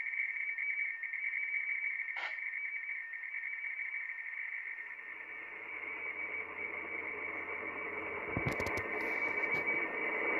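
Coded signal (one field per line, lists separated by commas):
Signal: RTTY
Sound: continuous rapid warbling between two close tones, buried in shortwave hiss and crackle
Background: radio static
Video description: Neste Vídeo estou a mostrar uma Transmissão de Radio Teletype RTTY Weather Forecasts, na onda curta em 11.036 USB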